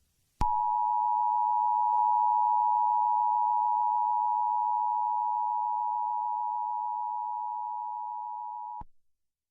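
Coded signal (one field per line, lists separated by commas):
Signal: Emergency Alert System (SAME) tones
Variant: 853 and 960 Hz attention tone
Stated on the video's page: Fake EAS scenario simulating a biological outbreak alert, for entertainment; not a real alert.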